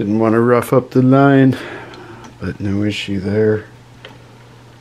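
During fuel system work on a Husqvarna chainsaw rebuild, a plastic primer bulb is handled and pressed toward its seat in the chainsaw housing while someone talks. A faint tick is heard around 4.1 s, but the primer bulb has not seated or clicked into place yet.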